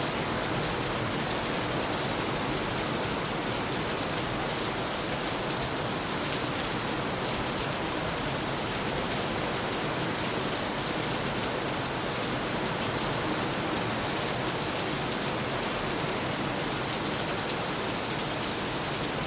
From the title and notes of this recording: Sounds lo-fi and roomy due to the natural acoustics of the room. Recorded in binaural, please wear headphones. Recorded in Koforidua, Ghana by Samuel Kudjodzi. Rains and thunders at midday under a roof in suburban Ghana.